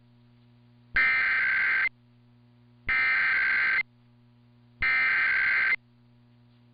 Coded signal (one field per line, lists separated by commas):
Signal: Emergency Alert System (SAME) tones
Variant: header bursts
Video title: [EAS #2324-#2354] RWTs & RMTs from the week of 4/3/23 (Part 2)